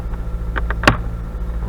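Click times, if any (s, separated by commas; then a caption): 0.9 s. Behind a car's glovebox, one of two small twist fasteners holding the glovebox in the dashboard is twisted to release it for access to the cabin air filter. Over a low steady hum, two short ticks at 0.6 and 0.7 seconds lead into a sharp, loud pop at 0.9 seconds as the fastener pops free and releases.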